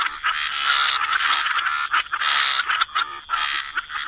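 Frog chorus, continuous overlapping croaking calls forming a thick, even drone with a few short dips.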